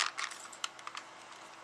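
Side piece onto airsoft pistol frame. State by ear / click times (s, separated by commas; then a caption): not seated / none. A plastic/metal side piece is lined up on a 6mm airsoft pistol frame and pushed on, giving light ticking and tapping handling sounds, with a sharp tap near 0.6 s. Nothing has snapped into place or seated yet.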